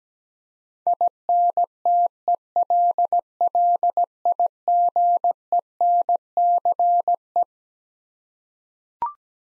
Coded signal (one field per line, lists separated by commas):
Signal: Morse code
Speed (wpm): 17 wpm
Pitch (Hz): 700 Hz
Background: none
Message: INTELLIGENCE